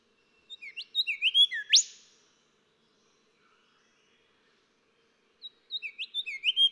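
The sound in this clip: Golden whistler song: a varied whistled phrase ending in a loud upward whip, then after a few seconds' silence another phrase of quick whistles begins.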